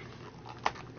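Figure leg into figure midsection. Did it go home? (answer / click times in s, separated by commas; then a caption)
yes / 0.7 s. A leg of a large plastic action figure is joined to the figure's midsection and pops into its socket. A single sharp click is heard at 0.7 s over a low, steady background, and the leg is seated in place.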